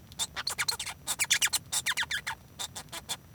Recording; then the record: song of a male Bengalese finch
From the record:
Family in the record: son of father 1